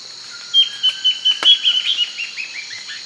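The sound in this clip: Bird calling a quick run of short chirps that step downward in pitch, over a steady high hum.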